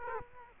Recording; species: mosquito wingbeat signal from an infrared sensor; Culex quinquefasciatus